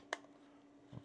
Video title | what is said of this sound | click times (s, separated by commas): The best lense for a Sony ZV-E10 might be a Canon?!! | okay so there we go it's clicked into place it's on autofocus | 0.1 s